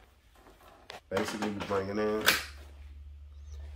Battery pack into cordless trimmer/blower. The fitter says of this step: it just shows you how this battery locks in